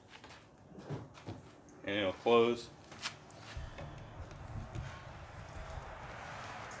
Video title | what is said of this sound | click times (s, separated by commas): Kimpex Nomad ATV Trunk Install How To Yamaha Kodiak 700 | you just snap that hinge into place | 0.2 s